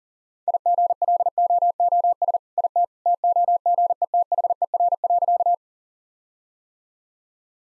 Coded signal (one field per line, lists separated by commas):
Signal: Morse code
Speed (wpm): 40 wpm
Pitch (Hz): 700 Hz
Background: none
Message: IGLOOS IT TOGETHER.